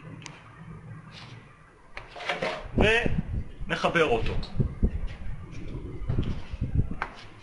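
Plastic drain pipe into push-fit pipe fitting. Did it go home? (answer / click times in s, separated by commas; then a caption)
yes / 7.0 s. A plastic drain pipe end is pushed into a push-fit pipe fitting that already holds its rubber seal, going in with one push. Someone talks through most of the clip. A sharp click is heard at 7.0 seconds as the pipe seats home in the fitting.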